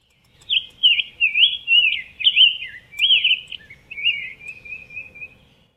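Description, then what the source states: Grosbeak delivering a long, caroling song of several connected whistled phrases rolling up and down over about five seconds, ending on a softer trailing warble. Recorded 12 May 2010.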